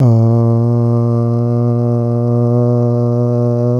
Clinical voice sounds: sustained vowel /a/; male; 20 to 29 years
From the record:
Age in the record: 24 years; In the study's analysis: included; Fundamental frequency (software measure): 119 Hz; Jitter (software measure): 0.35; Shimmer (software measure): 0.69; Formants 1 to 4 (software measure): 533 Hz, 1167 Hz, 2245 Hz, 3225 Hz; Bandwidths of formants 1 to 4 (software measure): 116 Hz, 176 Hz, 482 Hz, 488 Hz

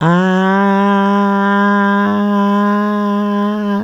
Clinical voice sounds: sustained vowel /a/; female; 60 to 69 years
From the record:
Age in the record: 60 years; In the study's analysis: included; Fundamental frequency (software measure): 195 Hz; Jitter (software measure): 0.30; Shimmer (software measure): 0.75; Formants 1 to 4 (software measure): 1066 Hz, 1787 Hz, 3011 Hz, 3623 Hz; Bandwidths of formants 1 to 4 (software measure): 216 Hz, 145 Hz, 269 Hz, 272 Hz

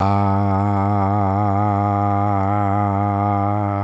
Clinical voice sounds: sustained vowel /a/; male; 50 to 59 years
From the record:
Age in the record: 57 years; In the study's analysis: included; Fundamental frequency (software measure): 101 Hz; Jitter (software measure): 0.33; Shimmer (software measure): 1.86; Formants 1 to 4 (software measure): 769 Hz, 1240 Hz, 2135 Hz, 3935 Hz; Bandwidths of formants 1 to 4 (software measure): 70 Hz, 112 Hz, 158 Hz, 402 Hz

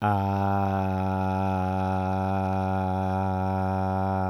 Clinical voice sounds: sustained vowel /a/; male; 30 to 39 years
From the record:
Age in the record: 38 years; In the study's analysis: included

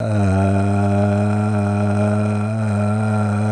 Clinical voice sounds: sustained vowel /a/; male; 50 to 59 years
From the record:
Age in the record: 54 years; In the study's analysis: excluded

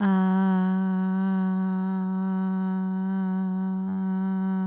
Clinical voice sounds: sustained vowel /a/; female; 20 to 29 years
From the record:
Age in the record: 26 years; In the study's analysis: included

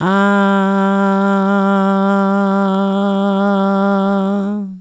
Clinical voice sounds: sustained vowel /a/; female; 60 to 69 years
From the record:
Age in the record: 69 years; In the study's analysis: included

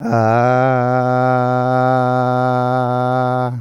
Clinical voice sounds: sustained vowel /a/; male; 50 to 59 years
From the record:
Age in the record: 59 years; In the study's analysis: included

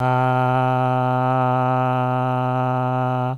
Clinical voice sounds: sustained vowel /a/; male; 50 to 59 years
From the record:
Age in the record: 59 years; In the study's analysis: included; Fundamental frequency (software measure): 127 Hz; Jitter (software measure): 0.26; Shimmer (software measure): 1.16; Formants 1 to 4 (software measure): 771 Hz, 1315 Hz, 2555 Hz, 2960 Hz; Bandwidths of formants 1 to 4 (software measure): 112 Hz, 109 Hz, 264 Hz, 275 Hz

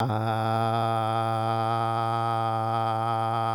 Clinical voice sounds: sustained vowel /a/; male; 50 to 59 years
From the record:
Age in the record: 50 years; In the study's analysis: included

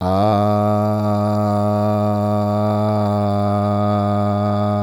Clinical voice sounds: sustained vowel /a/; male; 40 to 49 years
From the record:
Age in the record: 47 years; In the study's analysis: included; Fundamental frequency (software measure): 104 Hz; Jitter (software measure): 0.26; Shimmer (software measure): 1.11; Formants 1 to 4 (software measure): 670 Hz, 1214 Hz, 2728 Hz, 3940 Hz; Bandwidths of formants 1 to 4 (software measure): 83 Hz, 98 Hz, 285 Hz, 196 Hz

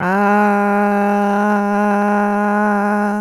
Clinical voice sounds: sustained vowel /a/; female; 20 to 29 years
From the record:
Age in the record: 27 years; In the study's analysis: included

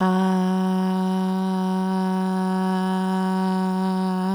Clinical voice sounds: sustained vowel /a/; female; 20 to 29 years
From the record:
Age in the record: 20 years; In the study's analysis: included

